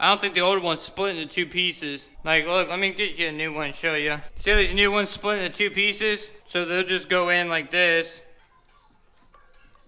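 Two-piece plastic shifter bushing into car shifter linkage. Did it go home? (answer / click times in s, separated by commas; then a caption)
no / none. A man talks while holding a new two-piece rubbery plastic shifter bushing for a 3000GT VR4, about to push it by hand into the eye of the car's shifter linkage. After the talking stops around 8.3 s, only quiet handling remains, with two faint brief ticks at about 9.3 s and 9.7 s. The bushing has not snapped in or seated yet.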